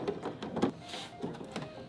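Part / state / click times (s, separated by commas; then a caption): LED light tube into the sockets and side-board latch of an airbrush spray booth / not seated / none. An LED light tube is being handled and lined up with the two sockets at the top and bottom of an airbrush spray booth, with its latch meant to clip onto the plastic side board. Soft plastic rustling and light taps are heard, with brief knocks near 0.4 s, 1.6 s and 1.9 s. Nothing has seated or clicked into place yet.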